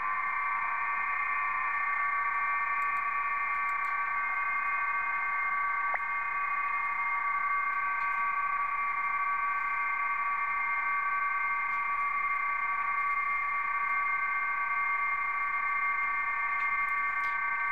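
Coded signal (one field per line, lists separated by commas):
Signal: PSK31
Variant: BPSK31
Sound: several steady warbling narrow tones at different pitches over hissy receiver noise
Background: radio static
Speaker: I've got to shut up I'm going to zoom in on one of the signals let's go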